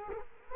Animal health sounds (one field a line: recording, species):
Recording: mosquito wingbeat signal from an infrared sensor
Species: Culex quinquefasciatus